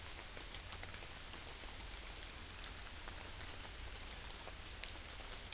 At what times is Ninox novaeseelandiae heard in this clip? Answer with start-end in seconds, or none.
none